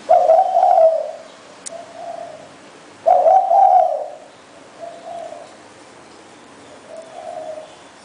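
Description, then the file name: Spotted dove calling: two loud coarse coos, each trailed by softer, shorter coo notes, steady background hiss. "นกเขาใหญ่"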